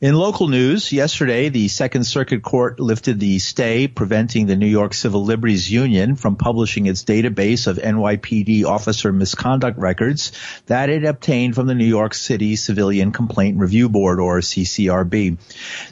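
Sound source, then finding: Adult male newsreader. Typical speech.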